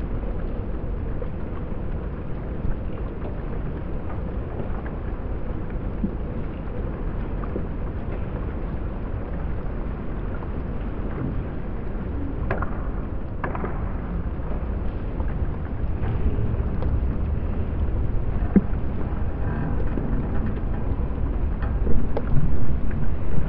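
Floating pontoons shift on the water with a constant low rumbling wash, dense and churning throughout. Scattered creaks, knocks and brief squeals break through irregularly, clustering around the middle and end, while the sound grows slightly louder and rougher toward the finish.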